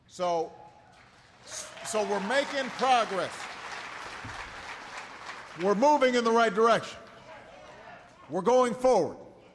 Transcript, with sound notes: So we’re making progress. (Applause.) We’re moving in the right direction. We’re going forward.